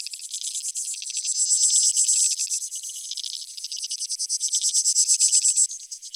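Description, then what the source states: Insect chorus of fast, shimmering high pulses, loudest around two seconds and again near five, with no other sounds beneath. Field recording from Australia or Portugal, 2011, of creek insects, used in a collaborative soundwork; some recordings unaltered, others processed.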